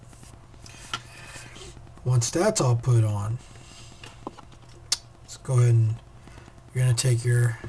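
The hinged locking tab on a flex ribbon cable connector is closed on the circuit board of a Samsung Blast SGH-T729 phone after the cable has been slid into its board connector, giving a short, sharp snap at 0.9 s. The tab locks the cable in place, and the connector is seated. Someone talks over low background noise, with a few more faint ticks and a sharper one near 4.9 s.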